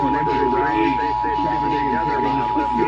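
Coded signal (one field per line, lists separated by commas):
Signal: Emergency Alert System (SAME) tones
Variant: 853 and 960 Hz attention tone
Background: speech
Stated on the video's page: Texas Required Monthly Test EAS alert.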